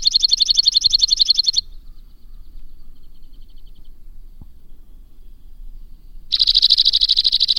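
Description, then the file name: White-winged crossbill trilling: a fast pulsed trill breaks off early, a long quiet stretch follows, then the buzzy trill resumes near the end. "suara-kicauan-burung-white-winged-crossbill 2-omkicau"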